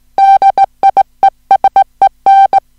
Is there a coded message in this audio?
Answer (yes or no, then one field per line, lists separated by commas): yes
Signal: Morse code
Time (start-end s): 0.2-2.6 s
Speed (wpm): 18 wpm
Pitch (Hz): 780 Hz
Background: music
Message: DIESEN